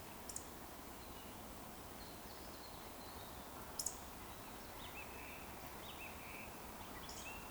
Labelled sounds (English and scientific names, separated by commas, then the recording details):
Eurasian Woodcock (Scolopax rusticola) whistle
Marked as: whistle, whistle, whistle
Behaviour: display flight
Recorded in Baden-Württemberg, Germany, on 11 June 2020 at 19:55 UTC
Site 14569, 102 m above sea level